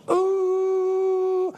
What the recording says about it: I had a heart attack on December 5th. I died for 2 minutes. I was completely dead, and they put paddles on me, and I came back to life. You're in the emergency room, and you hear the boop, boop, boop. You see the little thing, and then you hear it go, ooh which means you have no more heartbeat.